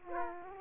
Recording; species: mosquito wingbeat signal from an infrared sensor; Aedes aegypti